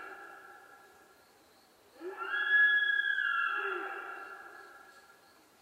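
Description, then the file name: Sika deer giving one long, drawn-out whistled call that holds steady, then slides downward and fades over a few seconds. Japan, 23 October 2011, 16:13. "nihonjika-20111023"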